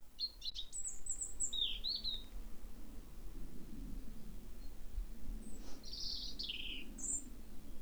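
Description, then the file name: European robin opening with a quick run of thin, high, fluty notes, then a pause and a further slurred phrase, over a low rumbling background. "Erithacus rubecula"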